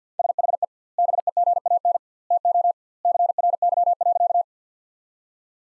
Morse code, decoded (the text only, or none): SHE BEGAN TO CRY.